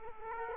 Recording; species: mosquito wingbeat signal from an infrared sensor; Culex quinquefasciatus